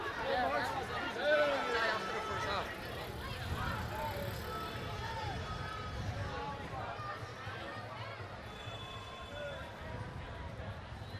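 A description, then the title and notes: A street celebration downtown after a football win, with a dense crowd of many voices talking and shouting. Whistles and cheers rise above the chatter in the first few seconds, then the noise settles into a steady, busy babble with some traffic rumble underneath. Soccer party downtown The Hague. A small impression of people celebrating in downtown The Hague because the Dutch defeated the Brazilians (WC2010).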